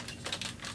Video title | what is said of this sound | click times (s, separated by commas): THE GUITAR OF THE FUTURE! - 'Boaz One' Plastic Modular Guitar | okay and that's click from the side like that yeah | 0.3 s, 0.4 s